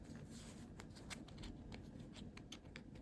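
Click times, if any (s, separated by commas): none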